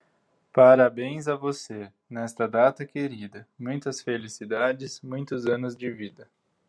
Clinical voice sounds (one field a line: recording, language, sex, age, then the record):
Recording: short text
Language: Brazilian Portuguese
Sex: male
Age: 20 to 29 years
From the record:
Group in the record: control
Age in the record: 27 years